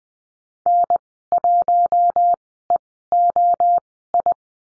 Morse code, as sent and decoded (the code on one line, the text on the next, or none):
-. .---- . --- ..
N1EOI